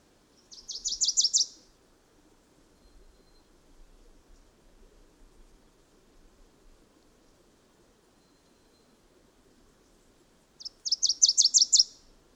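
Bird song, two short bursts of rapid, high, chattering notes about ten seconds apart, with near silence between them.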